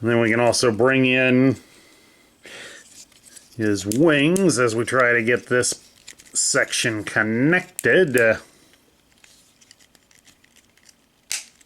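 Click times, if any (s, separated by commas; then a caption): 11.3 s. Someone talks while fitting the Slingshot section of a plastic transforming combiner robot toy (Superion, Age of the Primes), with its wings brought in, into the combined body. Soft handling rustles and a few faint ticks follow the talking. A sharp snap at 11.3 s marks the section seating into place.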